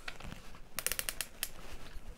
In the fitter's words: характерные щелчки патрон затянулся